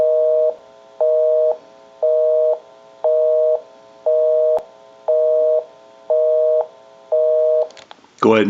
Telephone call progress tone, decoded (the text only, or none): busy tone